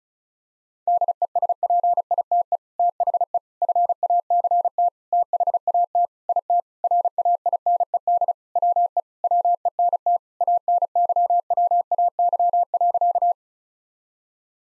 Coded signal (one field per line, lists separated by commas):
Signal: Morse code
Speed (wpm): 35 wpm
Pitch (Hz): 700 Hz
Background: none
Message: DESPITE THE FACT THAT IT RAINED WE WENT ANYWAY.